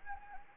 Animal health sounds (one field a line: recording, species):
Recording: mosquito wingbeat signal from an infrared sensor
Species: Anopheles gambiae